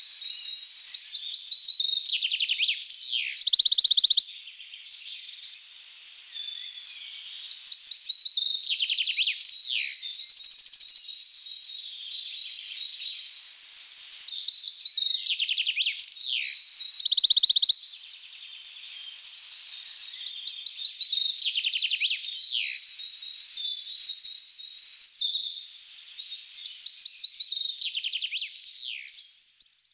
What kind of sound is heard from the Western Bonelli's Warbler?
song